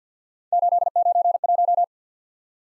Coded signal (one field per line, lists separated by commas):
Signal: Morse code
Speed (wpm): 47 wpm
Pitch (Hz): 700 Hz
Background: none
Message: 891